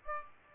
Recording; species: mosquito wingbeat signal from an infrared sensor; Aedes aegypti